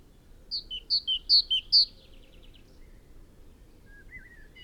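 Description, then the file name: Great tit song of about four quick two-note phrases, high then lower, followed by faint twittering and a short slurred whistle. "Parus major"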